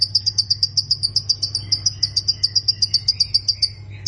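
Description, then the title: Plain prinia song: a fast series of sharp high chirps over a steady low hum. "Ciblek Sawah"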